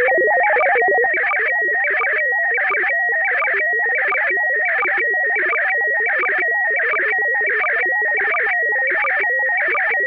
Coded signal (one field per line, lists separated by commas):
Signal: SSTV (slow-scan television)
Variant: PD 90